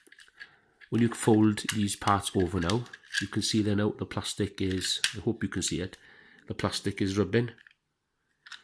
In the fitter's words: I think what I'll have to do is it won't lock into place no so they're gonna be loose like that